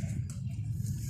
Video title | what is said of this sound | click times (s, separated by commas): service throttle body untuk problem semput dan rpm tinggi proton savvy | ada bunyi klik. Okay. | 0.3 s